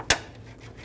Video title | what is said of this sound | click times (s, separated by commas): How to Replace Radiator Fan Resistor 2000-2007 Ford Focus | same thing push until you hear a click | 0.1 s